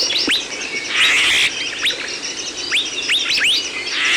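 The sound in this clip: Birds chirping, clear upward-sweeping notes repeated at irregular intervals over a background of soft twittering.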